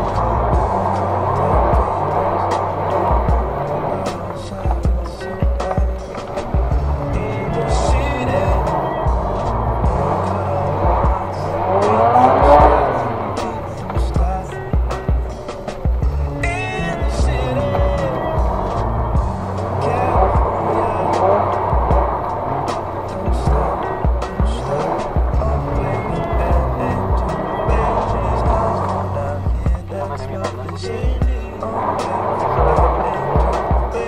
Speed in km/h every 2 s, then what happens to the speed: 5, 18, 23, 22, 14, 24, 33, 23, 13, 17, 15, 15, 17, 18, 5, 0, 0.
0-4 speeds up to 23. 4-8 slows to 14. 8-11 speeds up to 33. 13-15 brakes to 13. 15-27 steady at about 15. 27-29 brakes to 0. 29-32 standing.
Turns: 5-10, 12-26.